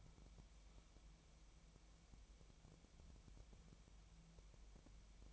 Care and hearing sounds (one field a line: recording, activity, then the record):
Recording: daily activity, microphone in the room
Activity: wipe stove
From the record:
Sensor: 1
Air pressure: 1001.6 hPa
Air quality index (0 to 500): 218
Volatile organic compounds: 28 ppm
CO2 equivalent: 2914 ppm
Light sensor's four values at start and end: 8/29/10/11 and 8/29/10/11